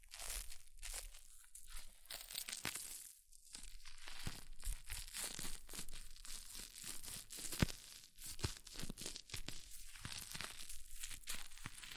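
Hair mousse fizzes and crackles in a dense, bright hiss of tiny pops, continuous throughout with sharper crinkly bursts scattered irregularly.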